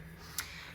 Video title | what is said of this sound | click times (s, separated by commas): Dominator Core Maiden Carve – Watch This CNC Machine in Action! ⚔️ | the snaps right in, makes it easy, good solid connection there. | 0.4 s